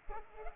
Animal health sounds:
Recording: mosquito wingbeat signal from an infrared sensor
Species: Culex pipiens

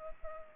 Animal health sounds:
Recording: mosquito wingbeat signal from an infrared sensor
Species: Culex pipiens

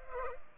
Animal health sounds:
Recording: mosquito wingbeat signal from an infrared sensor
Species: Culex pipiens

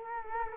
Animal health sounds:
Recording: mosquito wingbeat signal from an infrared sensor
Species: Culex quinquefasciatus

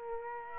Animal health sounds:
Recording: mosquito wingbeat signal from an infrared sensor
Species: Aedes aegypti

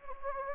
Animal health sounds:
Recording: mosquito wingbeat signal from an infrared sensor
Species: Anopheles gambiae

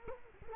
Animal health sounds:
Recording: mosquito wingbeat signal from an infrared sensor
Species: Culex quinquefasciatus

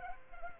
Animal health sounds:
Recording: mosquito wingbeat signal from an infrared sensor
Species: Culex pipiens

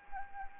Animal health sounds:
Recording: mosquito wingbeat signal from an infrared sensor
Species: Anopheles arabiensis

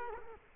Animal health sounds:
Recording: mosquito wingbeat signal from an infrared sensor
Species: Culex quinquefasciatus

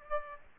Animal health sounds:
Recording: mosquito wingbeat signal from an infrared sensor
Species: Aedes aegypti

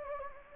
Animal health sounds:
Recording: mosquito wingbeat signal from an infrared sensor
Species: Anopheles gambiae

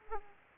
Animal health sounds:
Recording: mosquito wingbeat signal from an infrared sensor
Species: Aedes aegypti

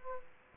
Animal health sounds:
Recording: mosquito wingbeat signal from an infrared sensor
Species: Aedes aegypti

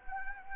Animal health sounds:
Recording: mosquito wingbeat signal from an infrared sensor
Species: Anopheles arabiensis

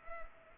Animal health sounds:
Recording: mosquito wingbeat signal from an infrared sensor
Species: Culex pipiens

